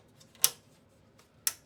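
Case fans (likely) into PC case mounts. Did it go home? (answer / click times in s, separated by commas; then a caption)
yes / 0.4 s, 1.5 s. During assembly of an AMD sleeper PC with a Ryzen R7 3700X and Radeon 5700 XT, parts, likely case fans, are pushed into the PC case mounts. Two sharp, loud clicks sound at 0.4 s and 1.5 s, each with a short bright decay, after a faint tick near 0.2 s over quiet background. The parts seat firmly in place.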